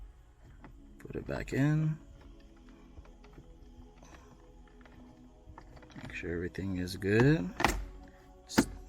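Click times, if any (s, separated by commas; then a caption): 8.6 s. A red engine start/stop button on a BMW is pushed back into its plastic housing in the dashboard while someone talks. A loud, sharp snap at 8.6 s marks the button assembly seating back into the dash.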